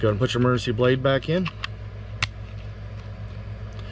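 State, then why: Seated. Someone talks over a steady low hum while the metal emergency key blade is pushed back into its slot in the plastic housing of a 2021 Ram 1500 4-button smart remote key fob after its battery is changed. A single sharp click at 2.2 s marks the blade seating in the fob, followed by quiet hum.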